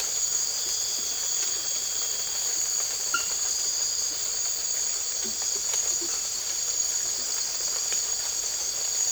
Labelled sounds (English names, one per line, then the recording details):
none
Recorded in secondary vegetation near Puerto Asís, Putumayo, Colombia, on 8 March 2025 at 02:00
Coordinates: 0.488, -76.319
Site G095